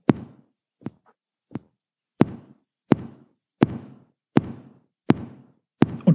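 Hand-tapped imitation of a heartbeat in normal sinus rhythm: regular, evenly spaced knocks at about 85 per minute, each a sharp low-pitched thump with a short decay, played as a regular rhythm in contrast to the chaotic, irregular rhythm of atrial fibrillation.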